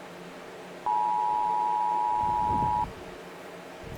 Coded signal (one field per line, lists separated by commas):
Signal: Emergency Alert System (SAME) tones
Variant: 853 and 960 Hz attention tone